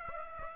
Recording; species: mosquito wingbeat signal from an infrared sensor; Aedes aegypti